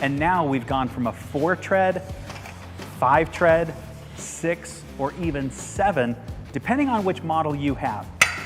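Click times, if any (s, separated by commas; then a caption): none. Someone talks while handling the rapid lock on the telescoping inner section of a Little Giant Velocity Series 2.0 multi-purpose aluminium ladder, which can be set from a 4-tread to a 5-, 6- or 7-tread height depending on the model. The lock is being rotated 90 degrees, with a brief sharp sound near the end at about 8.2 s. Nothing has seated or clicked into place yet.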